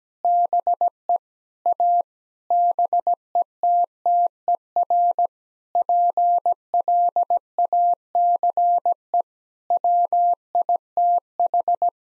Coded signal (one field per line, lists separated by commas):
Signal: Morse code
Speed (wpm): 17 wpm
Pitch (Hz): 700 Hz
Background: none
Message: BE A BETTER PLACE WITH